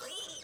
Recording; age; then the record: pig call; piglet (1 to 25 days)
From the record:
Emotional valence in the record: negative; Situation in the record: short isolation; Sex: male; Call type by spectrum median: high-frequency call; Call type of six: mixed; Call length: 0.44 s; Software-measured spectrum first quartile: 2303 Hz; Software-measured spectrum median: 3500 Hz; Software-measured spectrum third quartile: 6291 Hz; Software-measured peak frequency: 3030 Hz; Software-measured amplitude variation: 99 dB a second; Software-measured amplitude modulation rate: 17.1 a second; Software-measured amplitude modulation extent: 5.8 dB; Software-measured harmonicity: 5.2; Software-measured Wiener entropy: -2.13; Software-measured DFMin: 861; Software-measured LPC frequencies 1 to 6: 592, 1457, 3056, 3528, 4911, 6131 Hz